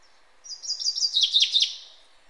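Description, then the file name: Common chaffinch song: a quick run of high, sharp notes that drops into a lower series of chipping notes, lasting just over one second. "Fringilla coelebs"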